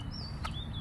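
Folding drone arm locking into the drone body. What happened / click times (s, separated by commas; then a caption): The folding arm clicked locked in its open position / 0.5 s. A folding arm of a plastic SG 906 Pro Beast (2020) camera drone is unfolded before flight and locks open into the drone body with a short, sharp click at 0.5 s. Steady low rumble and faint high chirping tones run underneath. The arm is seated in its open position.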